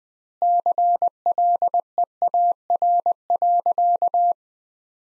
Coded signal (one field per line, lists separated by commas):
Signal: Morse code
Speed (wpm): 20 wpm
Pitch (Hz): 700 Hz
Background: none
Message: CLEAR.